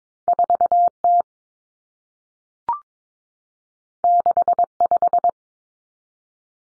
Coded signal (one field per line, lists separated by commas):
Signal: Morse code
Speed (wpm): 22 wpm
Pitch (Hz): 700 Hz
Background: none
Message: 4T 65